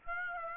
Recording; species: mosquito wingbeat signal from an infrared sensor; Aedes aegypti